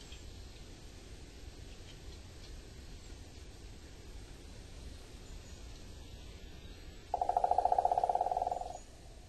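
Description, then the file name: Owston's woodpecker drumming, a fast, even burst of knocks lasting about a second and a half after a quiet stretch of steady background hiss. Recorded on Amami on 7 March 2014. "ostoaka 140307 d amami ishida"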